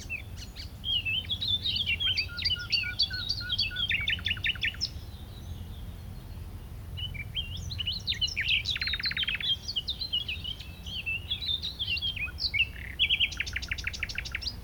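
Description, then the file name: Common nightingale song in varied bursts: rapid chirping runs, a low buzzy rattle near the middle, and a brisk run of clicking notes at the end, with steady low rumble. "Luscinia megarhynchos"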